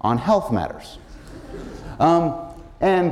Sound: laughter

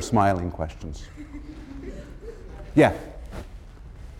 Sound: laughter

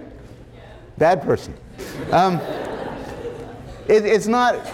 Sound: laughter

